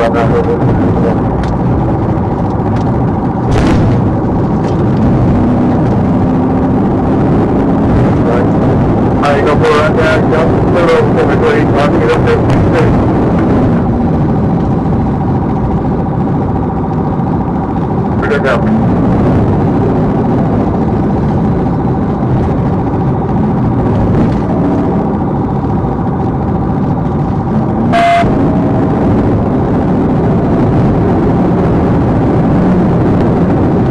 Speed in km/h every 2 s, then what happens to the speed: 140, 129, 130, 147, 159, 169, 172, 158, 151, 158, 155, 148, 150, 148, 158, 166, 167.
0-4 slows to 130. 4-11 speeds up to 172. 11-16 brakes to 151. 16-19 speeds up to 158. 19-26 slows to 148. 26-31 speeds up to 167.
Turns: none.